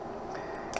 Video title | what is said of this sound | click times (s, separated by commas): Paul's Versace 1184 with Rx Anti Glare Lenses | it kind of pops into place you kind of feel it and then | 0.8 s